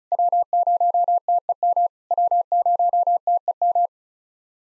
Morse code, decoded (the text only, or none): W0TEM W0TEM